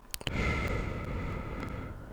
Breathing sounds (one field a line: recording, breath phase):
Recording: one breath near a microphone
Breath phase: exhalation